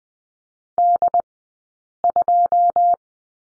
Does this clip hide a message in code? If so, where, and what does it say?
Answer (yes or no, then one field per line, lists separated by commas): yes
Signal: Morse code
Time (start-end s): 0.8-2.9 s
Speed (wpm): 20 wpm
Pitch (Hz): 700 Hz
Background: none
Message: D2